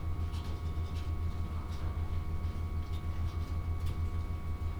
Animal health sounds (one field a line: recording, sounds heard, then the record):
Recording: poultry house recording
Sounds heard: no chicken sound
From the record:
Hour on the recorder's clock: 15